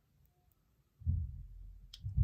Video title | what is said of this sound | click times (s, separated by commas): 216-Ball Non-Regular Cubeoctahedron | push it together on this side until snaps in place | 1.9 s